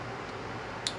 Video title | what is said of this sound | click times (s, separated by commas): Cara Membongkar Processor Komputer | semuanya crack ya soalnya klik mati kita tarik pun tidak bisa karet | 0.9 s